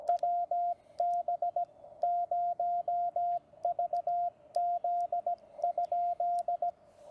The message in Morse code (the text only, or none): WB0VZ?